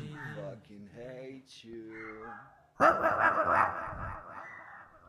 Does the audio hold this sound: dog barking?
yes